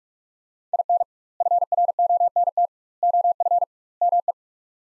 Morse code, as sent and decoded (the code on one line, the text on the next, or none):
.. -. / ..-. .-. --- -. - / --- ..-. / -- .
IN FRONT OF ME